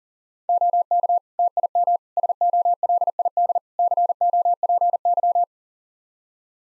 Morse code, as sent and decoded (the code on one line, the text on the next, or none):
--- -.- / - .. -- / ... --- .-.. .. -.. / -.-. --- .--. -.--
OK TIM SOLID COPY